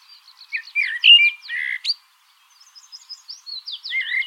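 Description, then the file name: Common blackbird song, loud fluted warbling phrase, a pause, then softer high twitters and a final low whistle. "Turdus merula"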